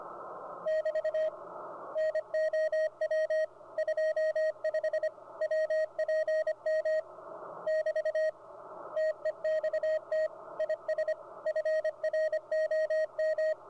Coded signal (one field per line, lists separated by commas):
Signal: Morse code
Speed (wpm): 26 wpm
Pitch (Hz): 630 Hz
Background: radio noise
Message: <BT> NOW 25 WPM <BT> TEXT IS FROM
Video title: Ham Radio Deluxe or HRD Decoding CW Morse Code